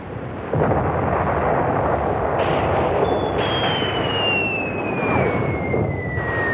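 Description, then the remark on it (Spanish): Guided rockets launch and explode in a loud, continuous roar of blasts that starts abruptly, while a thin whistling tone slides slowly downward through the second half. No voices. “Ahí van mis cohetes teledirigidos.”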